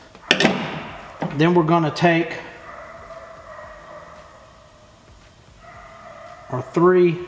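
The snap-down cap of a snap-on wire connector holding three fully inserted LED strip light wires is pushed down, apparently with pliers, and snaps completely into place with a loud, sharp click at 0.3 s. Someone then talks.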